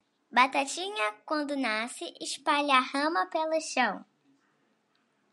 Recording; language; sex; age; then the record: short text; Brazilian Portuguese; female; 30 to 39 years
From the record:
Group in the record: control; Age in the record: 36 years